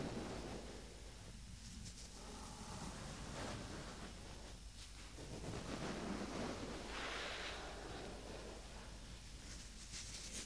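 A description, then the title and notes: Close ear massage sounds: steady rustling and rubbing with low rumbling, brief bright crackly swipes near three, seven, and ten seconds. 3Dio Ear Massage (TINGLES).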